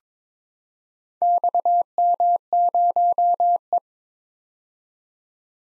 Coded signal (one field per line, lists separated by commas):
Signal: Morse code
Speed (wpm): 22 wpm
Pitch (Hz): 700 Hz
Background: none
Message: XM0E